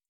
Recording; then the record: hydrophone in a shrimp aquaculture tank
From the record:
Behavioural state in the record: feeding